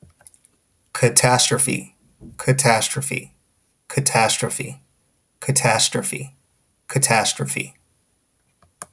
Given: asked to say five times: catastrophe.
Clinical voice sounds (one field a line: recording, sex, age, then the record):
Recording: repeated word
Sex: male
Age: 30 to 39 years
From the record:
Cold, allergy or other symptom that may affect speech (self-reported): no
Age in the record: 33 years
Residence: Washington, United States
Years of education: 14